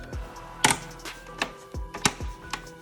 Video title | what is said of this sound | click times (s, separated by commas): Xbox One S No WiFi Repair Guide (WiFi Card Replacement) | that, make sure it all clips in. | 0.6 s, 1.4 s, 2.1 s, 2.5 s